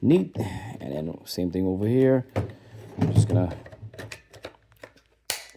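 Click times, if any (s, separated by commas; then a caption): 5.3 s. Someone talks while fitting the next part of a Trucozie cordless stick vacuum, a plastic extension tube or attachment, into the vacuum body, followed by a few light handling taps. A sharp, loud snap at 5.3 s marks the part seating in place.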